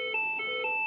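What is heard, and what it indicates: Steady, high, two-pitch electronic warning tone from an automated external defibrillator, sounding after the prompts not to touch the patient and to press the flashing button, signalling that a shock is about to be delivered.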